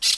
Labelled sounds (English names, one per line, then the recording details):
Brown-throated Parakeet contact call
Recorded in Venezuela